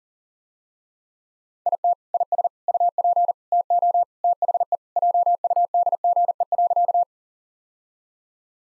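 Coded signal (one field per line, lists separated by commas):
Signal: Morse code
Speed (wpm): 40 wpm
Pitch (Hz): 700 Hz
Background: none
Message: IT IS UP TO THE JUDGE.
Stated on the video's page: Morse code practice at 40 wpm: sentences with common three-word phrases, each sent, then spoken, then sent again, first words spoken beforehand as a guide.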